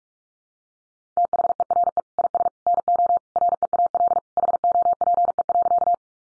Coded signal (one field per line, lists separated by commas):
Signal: Morse code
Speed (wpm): 44 wpm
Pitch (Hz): 700 Hz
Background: none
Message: THERE IS NO REAL HOPE.